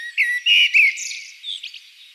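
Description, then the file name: Common blackbird giving a short fluty phrase of three mellow whistled notes, followed by a softer, higher twittering trail. "Turdus merula"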